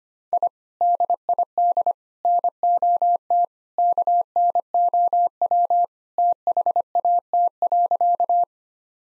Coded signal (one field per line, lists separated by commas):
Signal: Morse code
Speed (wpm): 25 wpm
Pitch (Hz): 700 Hz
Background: none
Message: I DID NOT KNOW THAT.